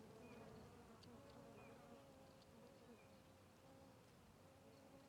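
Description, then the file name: Fly: low, even buzzing throughout, pitch wavering gently, with a few faint short high chirps in the background. Several flies circling a tree; natural ambience recorded on the Sertão Zen trail. "Ambiencia na Trilha do Sertao Zen com Moscas Circudando Arvore"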